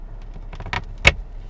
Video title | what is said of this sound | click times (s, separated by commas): ProClip USA Phone Mount Unboxing and Overview | and then you're supposed to push in with your thumb until you hear it click | 1.1 s